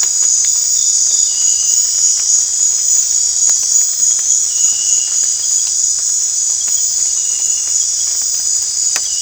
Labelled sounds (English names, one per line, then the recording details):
none
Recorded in dense forest near Puerto Asís, Putumayo, Colombia, on 22 December 2024 at 20:00
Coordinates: 0.468, -76.322
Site G071